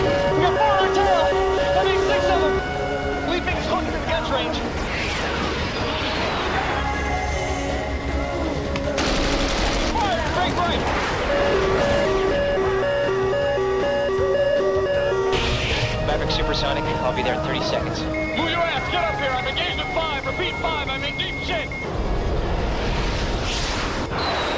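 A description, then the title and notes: Inside a fighter jet cockpit, a steady low engine rumble runs beneath music with held tones and busy, shifting layers, plus what sounds like voices. Loudness stays constant throughout, with brighter hissing surges around 9, 15 and 23 seconds. Flying an F-14 Tomcat with Maverick and Iceman || Top Gun Ambience. This ambience contains dialogue from Top Gun (1986), fighter jet SFX and some great tunes to keep you company as you fly! Cockpit of an F-14 Tomcat cruising the blue skies.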